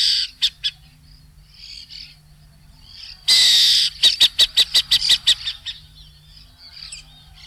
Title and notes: Museo de Ciencias de Bahía Blanca. Lechucita Vizcachera (Athene cunicularia) Su vocalización más común consiste en un chillido seguido de varios chistidos y la emite generalmente como voz de alarma